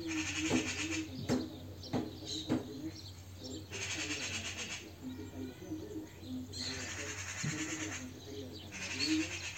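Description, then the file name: Eurasian magpie giving a few harsh, noisy chattering bursts of about a second each, separated by pauses, over low cooing. "Pica pica"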